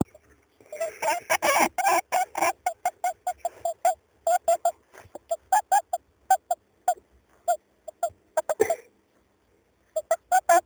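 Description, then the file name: Rabbit making rapid, short grunting pulses in irregular bursts, some in quick runs and others spaced apart, with brief pauses and a silent gap near the end. "Lautäußerung Kaninchen"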